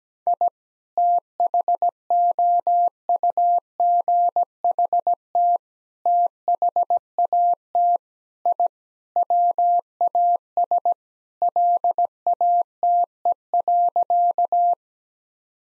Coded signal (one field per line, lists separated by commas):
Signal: Morse code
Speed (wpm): 17 wpm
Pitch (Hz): 700 Hz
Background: none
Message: I THOUGHT THAT I WAS LATE.